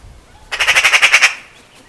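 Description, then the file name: Eurasian magpie giving a rapid harsh chatter of about eight rasping notes in under a second, evenly spaced, with quiet background. "Pica pica"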